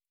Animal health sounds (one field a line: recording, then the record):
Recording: hydrophone in a shrimp aquaculture tank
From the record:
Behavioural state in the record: stressed